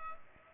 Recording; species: mosquito wingbeat signal from an infrared sensor; Culex pipiens